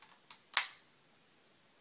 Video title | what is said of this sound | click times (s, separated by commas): My new BB gun | pull back, just like you're cocking a real gun, until you hear a click. | 0.6 s